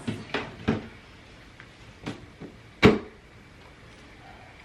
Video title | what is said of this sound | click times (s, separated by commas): Trim & Chat - Growing with Annaboto & My Cannabis Journey | That's in for real. Nutrient pod has been clicked in. | 2.8 s